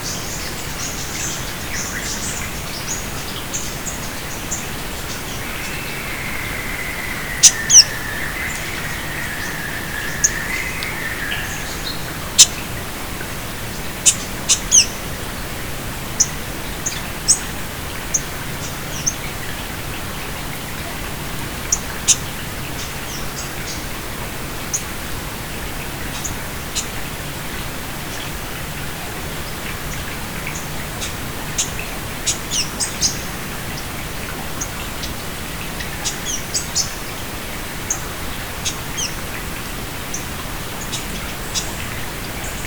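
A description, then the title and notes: Forest birds call sporadically over a steady low hiss of running water, with a wavering whistle around seven seconds and scattered sharp chirps. Recorded one afternoon in Namadgi NP (near Canberra) in winter a couple of years ago. Lyrebirds have an amazing repertoire of mimicry, some of which is captured here. Lyrebirds in Namadgi.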